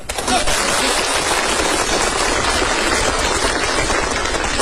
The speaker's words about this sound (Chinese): 掌声太热烈了。真热情。